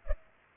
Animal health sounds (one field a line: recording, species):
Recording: mosquito wingbeat signal from an infrared sensor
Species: Culex pipiens